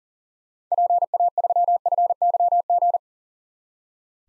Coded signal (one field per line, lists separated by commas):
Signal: Morse code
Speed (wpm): 40 wpm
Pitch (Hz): 700 Hz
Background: none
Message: PA3FYG